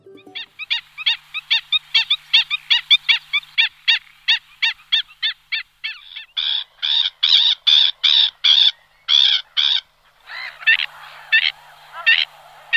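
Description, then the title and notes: Black-winged Stilt calling: a rapid series of sharp, yelping notes, later slowing into louder, harsher barking calls, with a brief rasping burst near the end. Rare Red Data Book species of Russia, expanding its range northward; settled in quiet, undisturbed Artyomovsky meadows, Nizhny Novgorod Oblast, where there is no building, mowing or tractor traffic. "Ходулочник – уникальный редкий вид, осваивающий Артёмовские луга."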